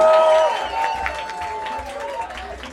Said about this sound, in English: A little applause for Jeroen, please.